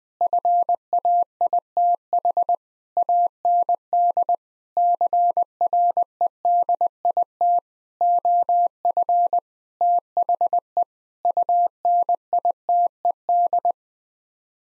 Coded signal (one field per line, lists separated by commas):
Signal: Morse code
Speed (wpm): 20 wpm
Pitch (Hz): 700 Hz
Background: none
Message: FAITH AND CREDIT OF THE UNITED